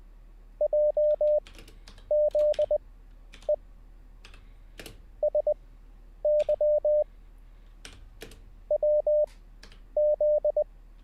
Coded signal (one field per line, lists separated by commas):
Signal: Morse code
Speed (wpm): 20 wpm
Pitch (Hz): 600 Hz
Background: none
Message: JZE SY WZ